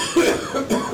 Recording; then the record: coughing mixed with background sound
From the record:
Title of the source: Residual Phlegmy Morning Coughing and Gagging